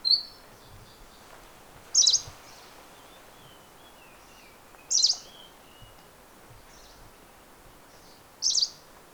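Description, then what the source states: Green warbler giving brief, emphatic high call notes, four in all at intervals of roughly three seconds, with faint twittering from other birds in the background. Horton Plains, 4 December 2011.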